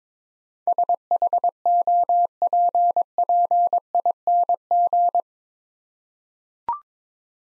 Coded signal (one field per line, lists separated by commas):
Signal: Morse code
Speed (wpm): 22 wpm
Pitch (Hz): 700 Hz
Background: none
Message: SHOPPING